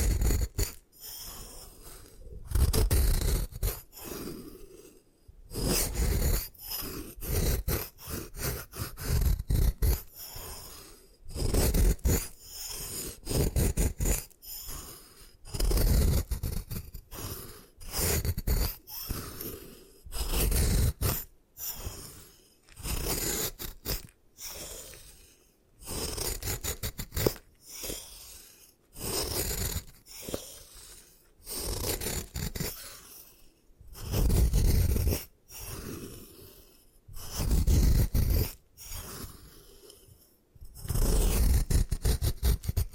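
Gym chalk is crushed and scraped in repeated bursts, each a gritty, crumbling rasp lasting a second or two, separated by brief pauses. The crunching is dense and bright with a soft low thud underneath, and it continues at an uneven but steady pace throughout.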